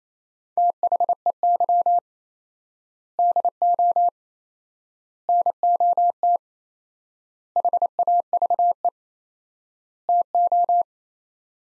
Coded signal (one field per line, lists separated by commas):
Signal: Morse code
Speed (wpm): 28 wpm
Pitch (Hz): 700 Hz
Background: none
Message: THEY DO NOT HAVE TO